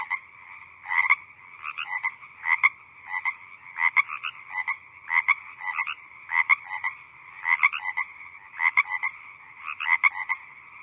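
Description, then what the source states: Small group of frogs croaking, clipped rasping notes in doublets and triplets, continuous chorus behind them. Small group of frogs croaking in the evening.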